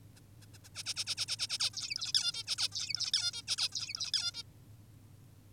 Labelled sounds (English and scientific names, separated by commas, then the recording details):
Zebra Finch (Taeniopygia guttata)
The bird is an adult
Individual g19o10U